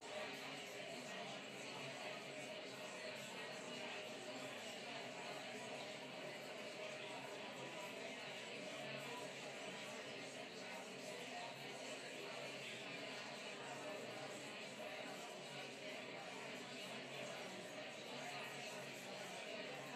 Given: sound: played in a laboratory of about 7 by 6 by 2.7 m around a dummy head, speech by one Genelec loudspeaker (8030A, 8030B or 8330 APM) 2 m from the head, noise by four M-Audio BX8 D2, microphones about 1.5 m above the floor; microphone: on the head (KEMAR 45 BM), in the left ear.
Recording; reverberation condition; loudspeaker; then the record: babble noise; medium; four, about 170 cm from the corners of the room and facing them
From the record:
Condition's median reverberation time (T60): about 510 ms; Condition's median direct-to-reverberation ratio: about -0.5 dB